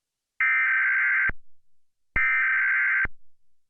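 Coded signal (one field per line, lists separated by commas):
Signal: Emergency Alert System (SAME) tones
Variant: header bursts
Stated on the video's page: Fictional, simulated alert tones for a made-up attack scenario on Seattle, not a real alert.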